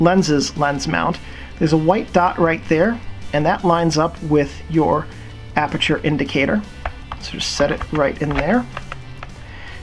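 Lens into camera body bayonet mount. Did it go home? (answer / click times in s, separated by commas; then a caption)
yes / 8.9 s. A manual-focus lens is lined up with the white dot by the aperture indicator on a Nikon FA film camera's bayonet mount and rotated counter-clockwise until it locks, while someone talks. A sharp click at 8.9 s marks the lens seating home in the mount, followed by a second short click at 9.2 s.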